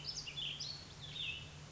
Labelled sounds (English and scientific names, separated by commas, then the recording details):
Cassin's Vireo (Vireo cassinii)
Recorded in Sonoma County, California